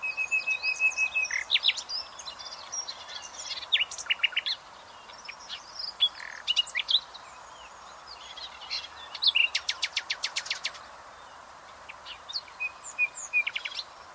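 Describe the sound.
Common nightingale singing varied phrases: rapid repeated whistles, dry rattling bursts and high sweeping notes separated by short pauses.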